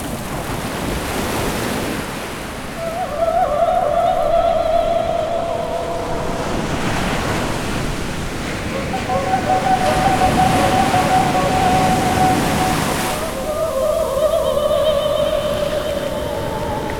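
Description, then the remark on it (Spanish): Sea waves surge and crash in a steady, continuous roar, swelling louder in broad washes with a hiss of surf and some wind noise, and no voices. “Mar sonoro, mar sin hondura, mar sin fin. Sonorous sea, abysmal sea, never-ending sea.”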